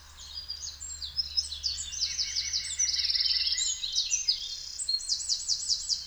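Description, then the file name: Eurasian wren song, a dense stream of very high twittering notes broken by quick buzzy trills, continuing without pause throughout, with a faint low hum beneath. "Troglodytes troglodytes"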